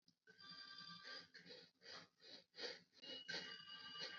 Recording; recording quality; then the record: deep breathing; moderate, slight background noise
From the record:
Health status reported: COVID-19 positive, mild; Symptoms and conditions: cold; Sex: male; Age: 25 years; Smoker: not ticked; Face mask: not worn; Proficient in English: yes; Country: India